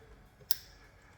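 On a 2022-2025 Hyundai Kona SE 2.0L, after its rubber gasket is checked and found not deformed, the wiring harness electrical plug is slid onto the new vapor canister purge solenoid. A single sharp, bright click sounds at 0.5 s over quiet background noise, and the connector is seated.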